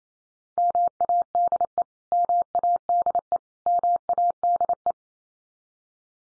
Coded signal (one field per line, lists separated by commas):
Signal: Morse code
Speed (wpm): 28 wpm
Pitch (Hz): 700 Hz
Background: none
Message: MADE MADE MADE